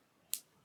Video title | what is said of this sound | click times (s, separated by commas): The Headphone Jack isn't gone, you just aren't looking hard enough | I'm not going to lose this part so as long as this stays connected and I don't know if you can hear the snap | 0.3 s